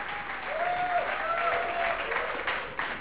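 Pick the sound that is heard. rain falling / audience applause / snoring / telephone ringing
audience applause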